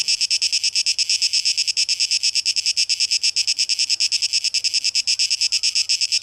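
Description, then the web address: Cicada song as a bright metallic buzz, rhythmically throbbing about three times each second, continuous and steady. Cicadas, tape echo mix, 12 August 2023. "rauschpartikel Audio 2023-08-12 Zikaden"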